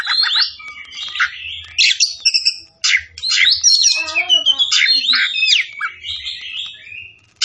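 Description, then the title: Oriental magpie-robin delivering dense, varied song: rising and falling whistles, buzzy chatter and rapid trills running together almost without break. Tretes; singing vigorously, described as gacor. "Kacer Tretes"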